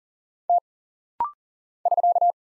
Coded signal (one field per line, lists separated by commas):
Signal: Morse code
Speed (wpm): 40 wpm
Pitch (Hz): 700 Hz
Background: none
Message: T <SK>